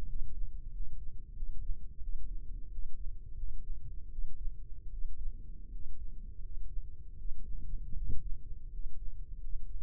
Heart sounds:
heart sounds by microphone in the left ear; 84 bpm
0.06 s: heartbeat
0.71 s: heartbeat
1.33 s: heartbeat
2.00 s: heartbeat
2.69 s: heartbeat
3.34 s: heartbeat
4.09 s: heartbeat
4.90 s: heartbeat
5.70 s: heartbeat
6.40 s: heartbeat
7.16 s: heartbeat
7.93 s: heartbeat
8.69 s: heartbeat
9.38 s: heartbeat
From the record:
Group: healthy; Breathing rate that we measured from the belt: 21 breaths a minute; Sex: male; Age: 22 years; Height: 181 cm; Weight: 60 kg

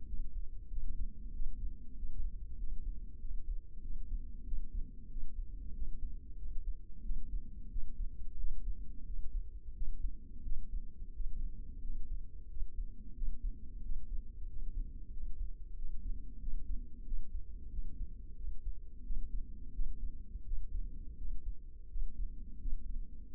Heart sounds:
heart sounds by microphone in the left ear; 90 bpm
0.08 s: heartbeat
0.72 s: heartbeat
1.35 s: heartbeat
1.98 s: heartbeat
2.60 s: heartbeat
3.22 s: heartbeat
3.84 s: heartbeat
4.47 s: heartbeat
5.12 s: heartbeat
5.76 s: heartbeat
6.40 s: heartbeat
7.05 s: heartbeat
7.72 s: heartbeat
8.39 s: heartbeat
9.08 s: heartbeat
9.76 s: heartbeat
10.45 s: heartbeat
11.15 s: heartbeat
11.84 s: heartbeat
12.51 s: heartbeat
13.17 s: heartbeat
13.84 s: heartbeat
14.50 s: heartbeat
15.14 s: heartbeat
15.78 s: heartbeat
16.42 s: heartbeat
17.07 s: heartbeat
17.73 s: heartbeat
18.38 s: heartbeat
19.06 s: heartbeat
19.75 s: heartbeat
20.47 s: heartbeat
21.19 s: heartbeat
21.91 s: heartbeat
22.61 s: heartbeat
23.33 s: heartbeat
From the record:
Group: healthy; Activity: rest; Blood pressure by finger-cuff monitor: 151/89 mmHg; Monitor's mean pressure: 110 mmHg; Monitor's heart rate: 92 bpm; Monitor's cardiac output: 7.4 L/min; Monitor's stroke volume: 80 mL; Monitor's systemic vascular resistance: 1100 dyn s/cm5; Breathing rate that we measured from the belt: 20 breaths a minute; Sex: male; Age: 21 years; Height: 175 cm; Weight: 72.6 kg

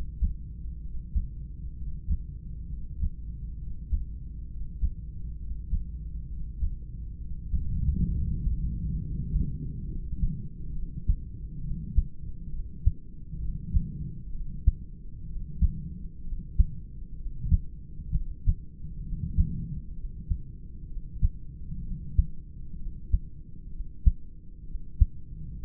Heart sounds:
heart sounds by stethoscope; 65 bpm
0.81 s: heartbeat
1.75 s: heartbeat
2.67 s: heartbeat
3.57 s: heartbeat
4.48 s: heartbeat
5.38 s: heartbeat
6.27 s: heartbeat
7.18 s: heartbeat
8.10 s: heartbeat
9.00 s: heartbeat
9.87 s: heartbeat
10.72 s: heartbeat
11.60 s: heartbeat
12.50 s: heartbeat
13.38 s: heartbeat
14.30 s: heartbeat
15.26 s: heartbeat
16.22 s: heartbeat
17.16 s: heartbeat
18.10 s: heartbeat
19.02 s: heartbeat
19.94 s: heartbeat
20.87 s: heartbeat
21.82 s: heartbeat
22.77 s: heartbeat
23.70 s: heartbeat
24.65 s: heartbeat
25.60 s: heartbeat
From the record:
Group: heart failure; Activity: breath hold 0-11 s, rest 11-26 s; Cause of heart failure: idiopathic cardiomyopathy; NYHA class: 2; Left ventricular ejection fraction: 17%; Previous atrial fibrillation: present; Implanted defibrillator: present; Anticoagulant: edoxaban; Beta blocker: bisoprolol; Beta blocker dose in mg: 7.5 twice daily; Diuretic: furosemide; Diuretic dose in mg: 20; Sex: male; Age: 63 years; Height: 160 cm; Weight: 69 kg

